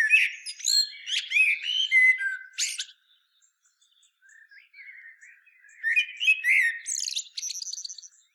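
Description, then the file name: Common blackbird song with a warbled, twittering phrase, a silent pause, then soft notes building into another fluty phrase with high squeaky trills. "Turdus merula"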